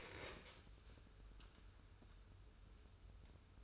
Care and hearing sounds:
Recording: daily activity, microphone in the room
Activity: stand up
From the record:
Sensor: 2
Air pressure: 994.3 hPa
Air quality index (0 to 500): 202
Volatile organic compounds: 1000 ppm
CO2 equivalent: 6653 ppm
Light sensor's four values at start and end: 97/228/99/103 and 93/213/92/97

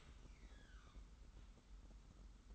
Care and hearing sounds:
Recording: daily activity, microphone in the room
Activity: open dishwasher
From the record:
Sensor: 3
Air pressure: 991.3 hPa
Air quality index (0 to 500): 133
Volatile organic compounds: 206 ppm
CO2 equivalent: 4233 ppm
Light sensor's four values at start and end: 51/138/56/50 and 51/138/56/50

